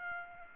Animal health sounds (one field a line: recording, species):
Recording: mosquito wingbeat signal from an infrared sensor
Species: Aedes aegypti